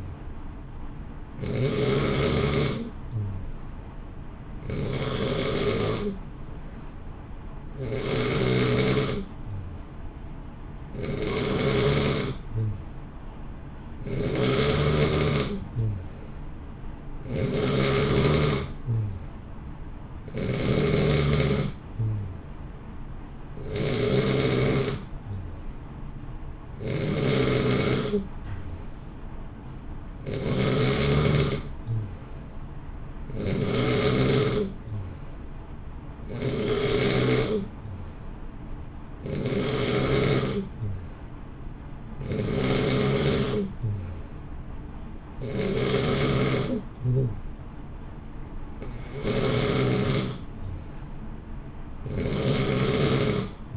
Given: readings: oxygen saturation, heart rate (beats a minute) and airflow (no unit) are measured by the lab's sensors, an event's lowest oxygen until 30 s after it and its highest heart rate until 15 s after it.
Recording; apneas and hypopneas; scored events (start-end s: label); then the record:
breathing in sleep by a smartphone at the bedside; none
none scored
From the record:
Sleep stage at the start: N2 (light sleep); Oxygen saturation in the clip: 89 to 91%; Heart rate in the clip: 59 to 64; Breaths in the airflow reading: 17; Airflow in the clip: -0.7 to 0.9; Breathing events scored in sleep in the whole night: 328 in 6.3 hours asleep